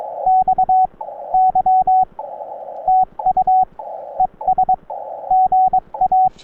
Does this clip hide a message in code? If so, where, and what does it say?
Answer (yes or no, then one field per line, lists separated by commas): yes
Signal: Morse code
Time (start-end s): 0.3-6.3 s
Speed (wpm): 22 wpm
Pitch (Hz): 750 Hz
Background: radio noise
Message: XY TU ES GA